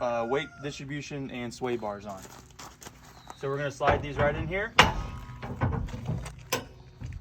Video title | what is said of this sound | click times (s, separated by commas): Connecting and disconnecting to camper | You're going to hear a click. It should stay. | 6.5 s